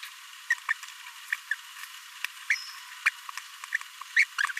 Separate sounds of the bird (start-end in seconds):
0.50-0.54, 0.70-0.73, 1.32-1.34, 1.51-1.55, 3.06-3.09, 3.74-3.76, 4.16-4.25, 4.38-4.40